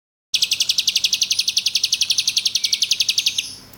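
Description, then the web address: Bird call: a rapid, even series of many high sharp chirps, ending abruptly, then faint background noise. "Chika Pengusir-Hama-Burung-Otomatis. bird Recording 17"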